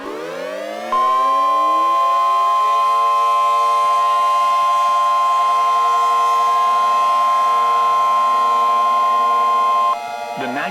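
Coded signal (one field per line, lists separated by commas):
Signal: Emergency Alert System (SAME) tones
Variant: 1050 Hz attention tone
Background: speech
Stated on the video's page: Fictional EAS tornado warning scenario.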